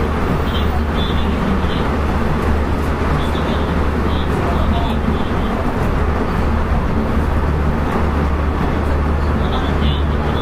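Steady running noise inside a 223-series electric train on a Kobe Line special rapid service, a dense continuous roar with a strong low hum. Faint high chirps recur every second or so, likely wheel or rail squeal, while the overall level stays even throughout.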